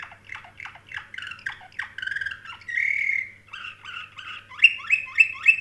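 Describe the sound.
Canary song with rapid descending notes, a sustained buzzy tone, then a run of loud repeated upswept chirps at the end.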